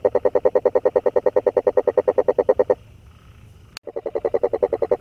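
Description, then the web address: Frog calling in a fast, even train of croaking pulses that stops briefly, then a sharp click, then the pulsing starts again. Recorded 25 January 2022. "frog 20220125"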